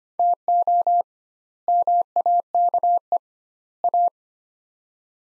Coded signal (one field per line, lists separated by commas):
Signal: Morse code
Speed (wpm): 25 wpm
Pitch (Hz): 700 Hz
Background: none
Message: TO MAKE A